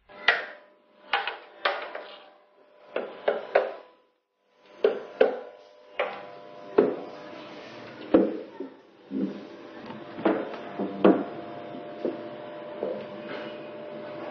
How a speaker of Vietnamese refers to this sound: Cổng không khóa. Tôi khẽ mở chốt, rồi đẩy cửa bước vào.